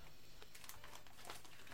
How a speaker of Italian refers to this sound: I fogli girano.